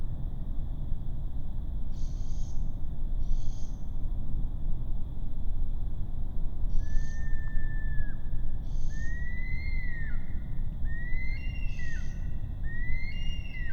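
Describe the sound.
Bush stone-curlew mournful calls, slow rising whistles with a falling tail that speed up and overlap towards the end, among several short hissy bursts.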